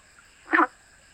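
Frog: one short, grating, wheezy croak rising out of quiet, with a steady faint high-pitched tone behind it.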